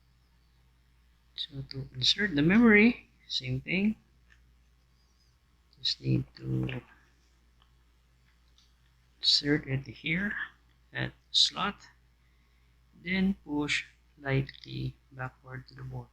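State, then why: Not seated. A SODIMM memory module is inserted at an angle into the memory slot of a Lenovo X270 laptop and lined up before being pushed down to latch. Someone talks throughout, with only faint, quiet handling ticks in the pauses around 4.3, 5.7, 7.6 and 8.6 seconds. The module has not seated or clicked yet.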